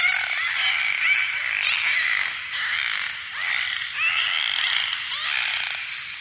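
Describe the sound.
Dolphin vocalisation: a continuous mix of buzzy pulsed sound and rising, arching whistles, swelling in several overlapping waves.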